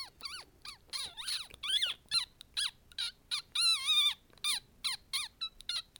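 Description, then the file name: Animal squeals, piercing rising-and-falling squeaks in fast succession, with one longer wavering squeal near the middle. "Chillidos Animal"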